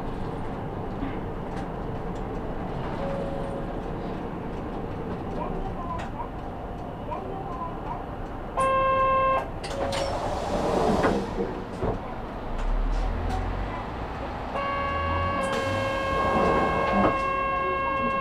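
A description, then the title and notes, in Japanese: A Saihi bus ride from Yumiharidake lookout toward Sasebo Station, with a steady low engine rumble throughout. A bright, sustained electronic tone sounds twice, around nine seconds and again from about fifteen seconds on, alongside brief hissing surges and faint voices. 西肥バス 弓張岳展望台→佐世保駅。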